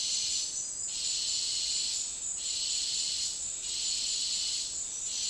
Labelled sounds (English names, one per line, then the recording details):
none
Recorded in dense forest near Puerto Asís, Putumayo, Colombia, on 13 March 2025 at 12:30
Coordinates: 0.499, -76.324
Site GP03